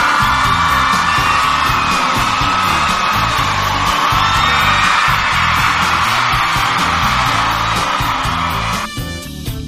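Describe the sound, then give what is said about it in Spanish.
A loud, dense crowd ovation sound effect, played on the Anime Nexus radio broadcast to celebrate its listeners, with cheering and whooping filling the whole stretch, a sustained roar of many voices that stays steady before thinning slightly at the very end. “¿Qué aplauso? ¡Ovación para todos!”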